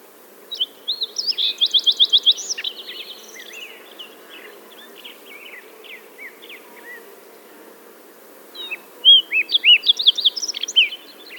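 Green-tailed towhee song: a rapid, even trill of sharp notes near the start, softer scattered chirps, then a second loud burst of slurred whistles and trilled notes.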